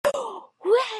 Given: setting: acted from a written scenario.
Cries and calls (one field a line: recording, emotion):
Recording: vocal sound without words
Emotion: positive surprise